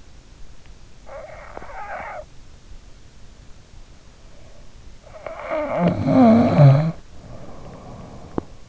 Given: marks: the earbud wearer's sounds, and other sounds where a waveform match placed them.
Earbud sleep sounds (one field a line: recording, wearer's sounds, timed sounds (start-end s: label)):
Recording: sounds in sleep by an in-ear microphone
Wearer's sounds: snoring breath, teeth grinding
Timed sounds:
1.03-2.27 s: snoring breath
5.18-8.69 s: snoring breath
8.26-8.46 s: teeth grinding